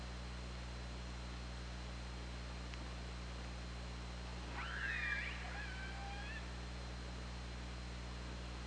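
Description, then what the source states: Killer whale call, a single rising then falling harmonic squeal lasting about two seconds, set against quiet steady hum. Recorded on the OrcaLab hydrophone, 24 August 2017, 21:36:46.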